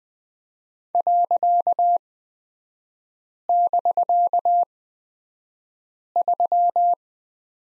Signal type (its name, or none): Morse code